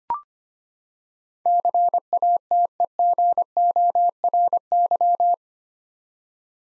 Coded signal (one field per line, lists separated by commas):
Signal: Morse code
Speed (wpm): 25 wpm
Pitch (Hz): 700 Hz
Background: none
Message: CATEGORY